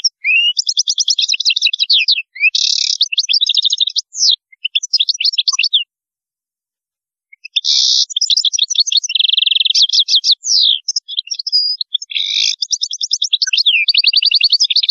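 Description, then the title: European goldfinch in sustained, rapid song: liquid twitters, buzzy notes, fast trills and quick slurred phrases, with one brief pause midway. "Chant Chardonneret"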